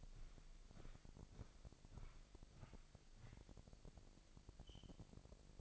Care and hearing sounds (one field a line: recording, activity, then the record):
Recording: daily activity, microphone in the room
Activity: walk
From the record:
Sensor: 5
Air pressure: 1001.8 hPa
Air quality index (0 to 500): 188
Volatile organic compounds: 13 ppm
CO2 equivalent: 2420 ppm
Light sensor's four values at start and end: 33/107/41/43 and 33/107/41/43